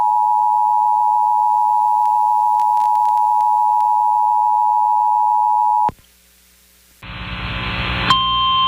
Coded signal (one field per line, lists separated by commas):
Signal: Emergency Alert System (SAME) tones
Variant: 853 and 960 Hz attention tone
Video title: [EAS] WQDR-FM - Tornado Watch #7 Activation (1/9/2024)